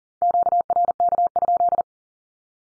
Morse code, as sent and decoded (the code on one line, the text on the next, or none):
--.- .-. -.- ..--..
QRK?